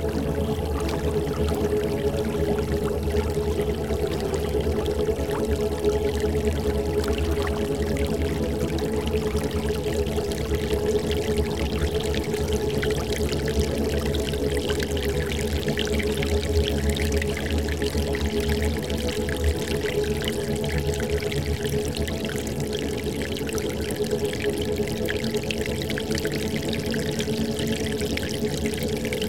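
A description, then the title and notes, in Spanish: A soundscape built from water sounds: a dense, steady wash of pouring and bubbling water that stays at an even level throughout. Deep sustained tones hum low underneath like a drone, while fine, bright splashy detail flickers constantly above. El Mar. Escuchen este paisaje sonoro realizado con sonidos acuáticos.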